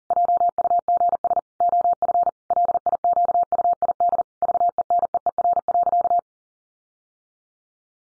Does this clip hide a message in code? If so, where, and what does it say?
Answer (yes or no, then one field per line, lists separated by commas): yes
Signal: Morse code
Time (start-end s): 0.1-6.2 s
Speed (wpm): 40 wpm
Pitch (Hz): 700 Hz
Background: none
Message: JUGS OF LIQUID VENEER.